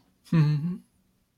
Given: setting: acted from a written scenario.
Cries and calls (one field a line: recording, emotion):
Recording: vocal sound without words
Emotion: guilt